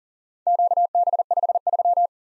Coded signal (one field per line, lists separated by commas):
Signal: Morse code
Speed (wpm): 44 wpm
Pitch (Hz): 700 Hz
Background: none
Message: QB53